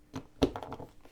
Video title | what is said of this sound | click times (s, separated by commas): Tuesday Night Lights -Facebook Live Replay - - 8th August 2024 | Yeah. Make sure you hear that click when you close it. | 0.4 s